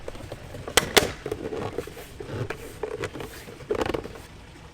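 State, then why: Seated. A plastic side mirror trim cover on a 2020 4Runner, lined up at its bottom corner, is pushed onto the side mirror housing after a blind spot mirror upgrade. Two sharp snaps at 0.8 s and 1.0 s mark its clips clicking into place, followed by softer handling rattles and taps. The cover is seated.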